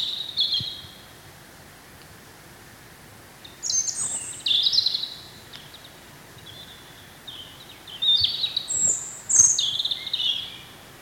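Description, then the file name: European robin song in short bursts: high tinkling whistles and trills, a phrase every few seconds with quiet gaps, over a low steady background hiss. "Erithacus rubecula"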